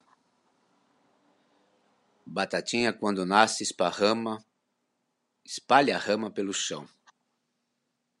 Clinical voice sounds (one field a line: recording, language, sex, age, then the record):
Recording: short text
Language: Brazilian Portuguese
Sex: male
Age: 60 to 69 years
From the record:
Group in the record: control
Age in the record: 61 years